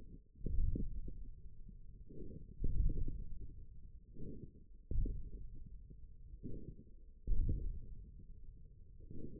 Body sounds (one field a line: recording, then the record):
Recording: forearm muscle sounds (acoustic myography)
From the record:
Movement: ulnar deviation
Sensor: system 1, eight BSWA MPA416 microphones around the upper forearm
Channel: 7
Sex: male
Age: 41 years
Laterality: right